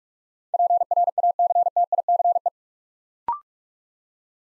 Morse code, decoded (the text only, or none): PRACTICE